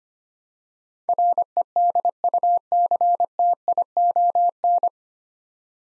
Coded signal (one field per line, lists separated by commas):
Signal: Morse code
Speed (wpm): 25 wpm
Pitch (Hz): 700 Hz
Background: none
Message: REDUCTION